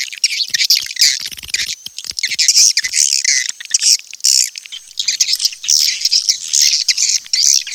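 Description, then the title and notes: Swiftlet chirps, bursts of high squeaky twittering separated by brief gaps, with a few soft clicks early on. Swiftlet sounds used for swiftlet farming in Asia. "Swiflet Bird Sound. Farming Swiflet Bird asia sound"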